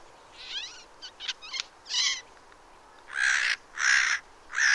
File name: Garrulus glandarius